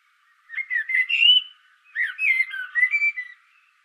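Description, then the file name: Common blackbird, two rich fluted phrases of rising and falling whistled notes, without a twittering ending. "Turdus merula"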